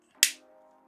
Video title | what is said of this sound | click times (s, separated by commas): Ultimate YouTube Desktop Camera Tripod Rig Sony ZVE E10 DJI Osmo Pocket3 2 | and you just close it and you should hear it click | 0.2 s